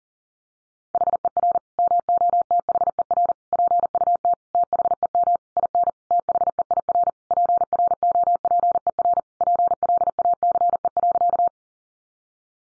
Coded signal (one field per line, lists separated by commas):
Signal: Morse code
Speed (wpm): 40 wpm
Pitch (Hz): 700 Hz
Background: none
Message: HER MOTHER PUT THEM IN THEIR PROPER PLACE.